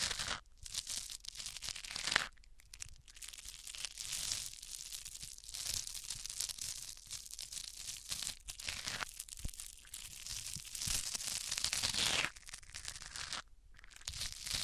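Microphones are rubbed against various surfaces, giving a dense, hissing scrape with a tearing, crinkly texture. The rubbing runs in long bright strokes broken by short gaps near 0.5, 2, 8.5, 12 and 13.5 seconds, with occasional low thumps underneath.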